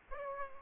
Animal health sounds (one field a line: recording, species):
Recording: mosquito wingbeat signal from an infrared sensor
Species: Aedes aegypti